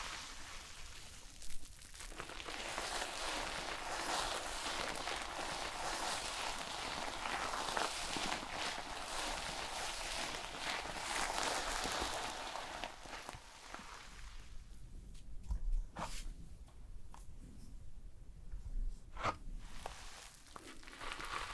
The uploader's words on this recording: ASMR Relaxing Shampoo and Hair brushing ｜NO TALKING.